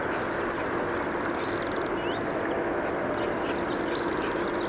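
Bohemian waxwing trilled calls: high, thin, buzzy trills in two long bursts over a steady low background hum.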